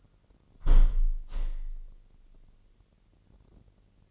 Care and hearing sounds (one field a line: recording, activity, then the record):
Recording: daily activity, microphone in the room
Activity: close window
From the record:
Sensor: 4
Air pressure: 999.0 hPa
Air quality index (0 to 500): 127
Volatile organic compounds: 2 ppm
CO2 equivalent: 1252 ppm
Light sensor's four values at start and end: 8/19/7/8 and 8/19/7/8